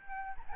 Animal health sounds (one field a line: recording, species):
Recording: mosquito wingbeat signal from an infrared sensor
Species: Aedes albopictus